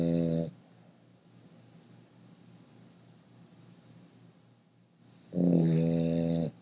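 Two loud, drawn-out buzzing snores from a sleeping dog, each about a second long and about six seconds apart, with quiet breathing between. The tone is low and evenly pitched, typical of ordinary canine snoring. The room is otherwise quiet.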